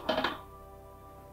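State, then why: Seated. A kitchen drawer front panel is clipped onto the metal drawer side fittings, giving two sharp clicks at 0.1 s and 0.2 s. A faint ringing tone lingers afterward, and the front is seated on the drawer.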